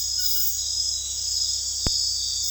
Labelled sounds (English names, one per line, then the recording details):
none
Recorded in dense forest near Puerto Asís, Putumayo, Colombia, on 19 February 2024 at 01:00
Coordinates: 0.485, -76.322
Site G6406